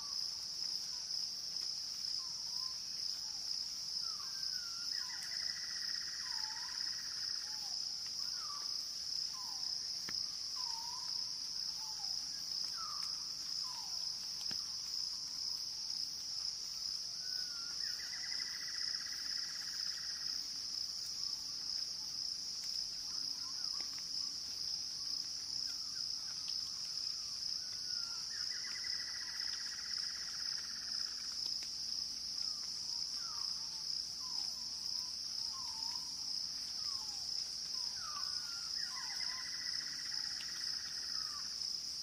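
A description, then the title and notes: Jungle ambience with a steady, piercing high insect drone, scattered chirping bird calls, and a buzzing call repeating roughly every eleven seconds. Jungle Sounds - Soothing Sounds of the Jungle with Paradise Birds to help you sleep and relax.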